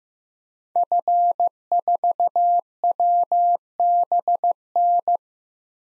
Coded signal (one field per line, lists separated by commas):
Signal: Morse code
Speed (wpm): 15 wpm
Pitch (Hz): 700 Hz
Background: none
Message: F4WBN